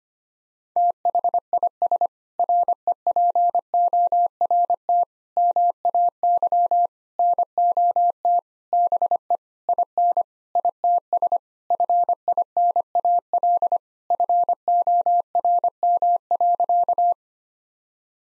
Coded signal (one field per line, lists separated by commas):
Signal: Morse code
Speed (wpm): 25 wpm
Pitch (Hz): 700 Hz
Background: none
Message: THIS REPORT MAY NOT BE IN ITS FINAL FORM.